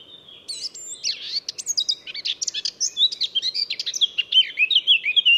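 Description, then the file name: Eurasian blackcap song, a varied, hurried warble mixing scratchy chatter with rich whistled notes, continuous throughout. "Sylvia atricapilla"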